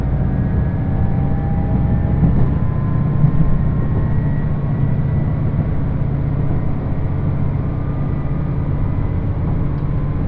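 A diesel limited express train runs steadily, its deep rumbling engine drone constant throughout, with faint whining tones slowly sliding in pitch above.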